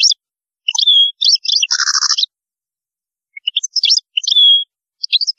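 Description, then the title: European goldfinch twittering song in bursts of quick tinkling notes, including one harsh buzzy note, with a pause before a further twittered phrase. "Chant Chardonneret"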